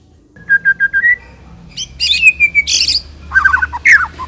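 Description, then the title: White-rumped shama song: a run of four short, even whistled notes, then a rising slur, a long steady whistle, buzzy high bursts, a quick series of liquid notes and a falling slur. Lure recording of a fierce bird's song. "Pancingan Murai Batu Galak"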